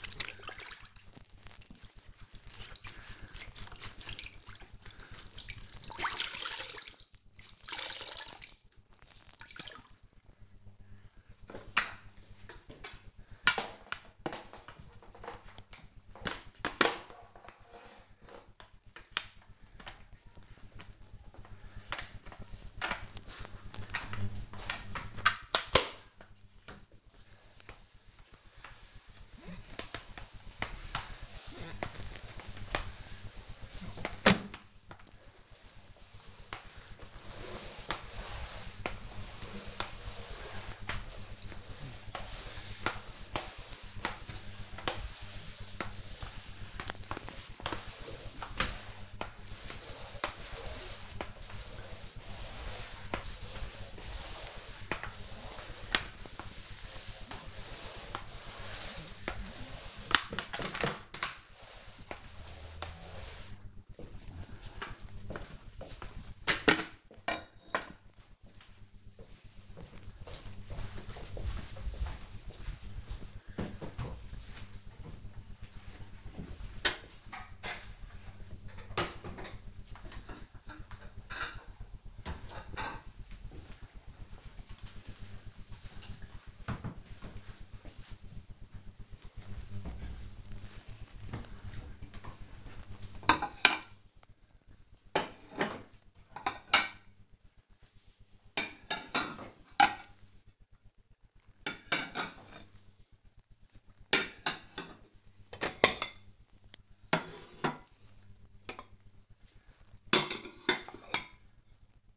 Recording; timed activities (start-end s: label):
household activities, microphone on the right wrist
0.00-65.16 s: floor cleaning
91.32-112.17 s: putting away the dishes